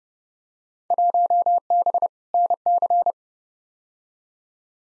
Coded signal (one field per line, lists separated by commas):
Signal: Morse code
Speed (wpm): 30 wpm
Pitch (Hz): 700 Hz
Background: none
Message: 1B NC